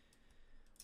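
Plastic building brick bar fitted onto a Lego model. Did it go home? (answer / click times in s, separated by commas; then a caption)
yes / 0.8 s. Long plastic Lego bars are pressed onto each side of a Lego model under construction to form a curve. A faint tick at 0.1 s comes before a short, sharp snap at 0.8 s as the pieces seat together perfectly. No words are spoken in the clip.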